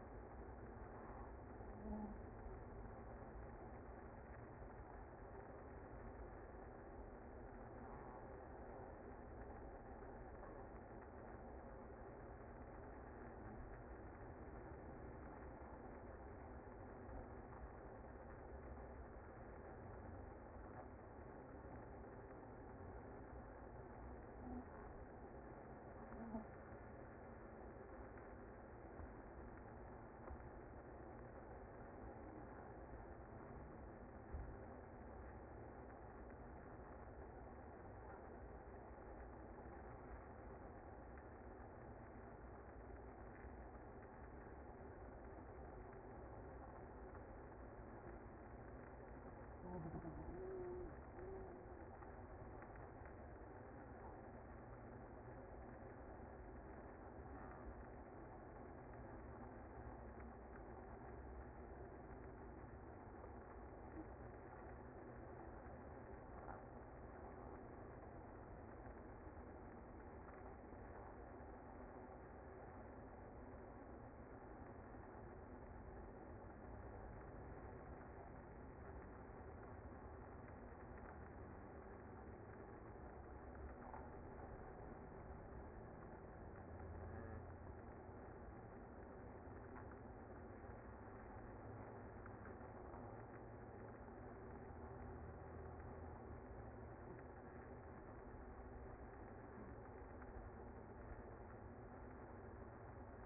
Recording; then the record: honeybee colony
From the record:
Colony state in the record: active